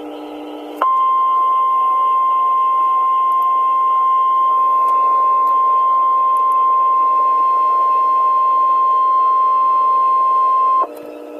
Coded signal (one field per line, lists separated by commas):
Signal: Emergency Alert System (SAME) tones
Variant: 1050 Hz attention tone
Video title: NOAA Weather Radio - EAS #147: Severe Thunderstorm Warning (4/13/2012)